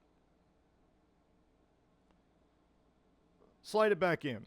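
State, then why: Not seated. A cleaned, O-ringed internal part of a Planet Eclipse EMF100 paintball marker, freshly greased with Planet Eclipse D3 grease, is handled before being slid back into the marker. The first 3.5 seconds are near-silent with a faint low hum, then someone talks briefly at the end. Nothing has seated or clicked yet.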